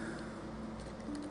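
A stretched retaining clip is worked over a chip inside a DIY vape box mod, with steady low-level handling noise and faint hum throughout. Nothing has seated or clicked yet.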